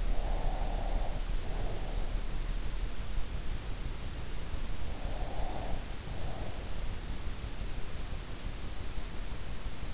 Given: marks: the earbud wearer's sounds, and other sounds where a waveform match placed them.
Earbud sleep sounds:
sounds in sleep by an in-ear microphone; breath
0.00-1.99 s: breath
5.25-6.57 s: breath

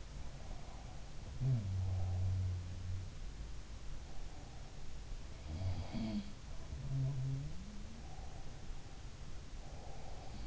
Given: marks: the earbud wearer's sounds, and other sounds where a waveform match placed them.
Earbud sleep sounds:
sounds in sleep by an in-ear microphone; breath
0.26-2.38 s: breath
1.15-3.16 s: sound from someone else or the room
5.42-7.68 s: sound from someone else or the room
7.91-10.47 s: breath

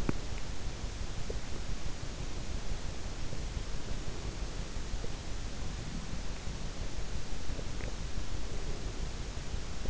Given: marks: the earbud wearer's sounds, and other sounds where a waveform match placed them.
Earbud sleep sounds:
sounds in sleep by an in-ear microphone; teeth grinding
0.00-0.51 s: teeth grinding

